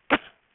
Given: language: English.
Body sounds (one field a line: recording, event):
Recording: throat vibration sensor signal played as sound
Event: cough